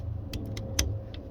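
A plastic headlight wiring harness connector is pushed onto the plug of an Easy Eagle LED headlight bulb and seats with a sharp click at 0.8 s. Fainter clicks at 0.3, 0.6 and 1.1 s sit over a low, steady rumble.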